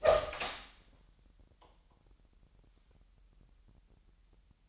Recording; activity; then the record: daily activity, microphone in the room; open door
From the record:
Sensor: 3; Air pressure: 998.4 hPa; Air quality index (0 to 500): 140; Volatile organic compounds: 4 ppm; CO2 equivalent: 1672 ppm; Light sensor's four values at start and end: 16/47/19/18 and 16/47/19/18